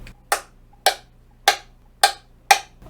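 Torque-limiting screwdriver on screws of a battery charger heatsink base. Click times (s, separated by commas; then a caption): 0.3 s, 0.9 s, 1.5 s, 2.0 s, 2.5 s. A torque-limiting Torx screwdriver set to about 7 inch-pounds is turned on the steel screws holding the heatsink base of a PP-8481 military battery charger. Its clutch gives five sharp, loud clicks at 0.3, 0.9, 1.5, 2.0 and 2.5 seconds, showing the screws are tighter than the setting.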